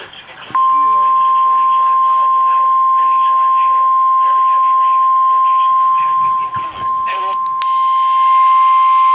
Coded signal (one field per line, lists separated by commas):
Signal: Emergency Alert System (SAME) tones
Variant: 1050 Hz attention tone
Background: speech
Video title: Severe Thunderstorm Warning (EAS #409)